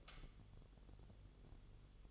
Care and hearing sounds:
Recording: daily activity, microphone in the room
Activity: light off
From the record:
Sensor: 4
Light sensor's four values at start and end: 12/28/11/10 and 11/26/10/10

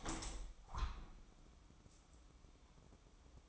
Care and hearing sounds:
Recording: daily activity, microphone in the room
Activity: open window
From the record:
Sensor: 1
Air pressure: 1000.5 hPa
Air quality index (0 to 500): 179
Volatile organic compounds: 4 ppm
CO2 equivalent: 1649 ppm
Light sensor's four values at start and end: 10/24/10/11 and 11/25/10/12

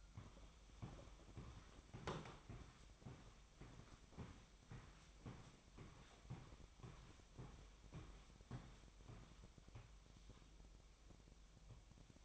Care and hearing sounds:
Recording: daily activity, microphone in the room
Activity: walk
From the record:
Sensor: 1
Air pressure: 1001.6 hPa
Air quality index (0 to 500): 221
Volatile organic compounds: 30 ppm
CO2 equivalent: 2950 ppm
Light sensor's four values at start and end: 9/31/11/13 and 9/31/11/13

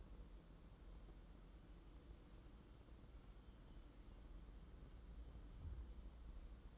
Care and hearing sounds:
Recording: daily activity, microphone in the room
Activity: wipe stove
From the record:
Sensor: 3

